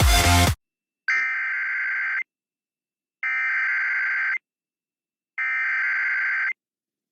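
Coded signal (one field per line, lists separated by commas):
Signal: Emergency Alert System (SAME) tones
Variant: header bursts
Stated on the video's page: Fictional custom EAS scenario, not a real alert.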